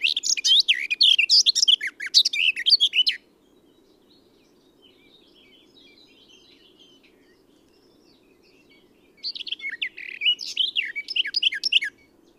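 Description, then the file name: Eurasian blackcap singing a fast, varied warbling phrase of about three seconds, then a long quiet gap before another jumbled phrase begins; soft low hum throughout. "Sylvia atricapilla"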